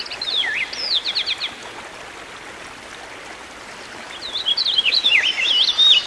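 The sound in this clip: Songbird sings a short whistled phrase with a fast trill, pauses about three seconds, then resumes with tumbling warbled notes; soft hiss throughout.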